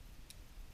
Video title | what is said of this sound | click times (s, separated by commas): density micrometer | And you should have heard just one click right there. | 0.3 s